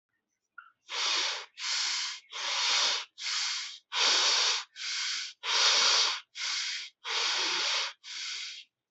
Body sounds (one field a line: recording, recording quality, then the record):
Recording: shallow breathing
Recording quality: excellent, no background noise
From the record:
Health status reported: healthy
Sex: male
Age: 21 years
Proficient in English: no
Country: India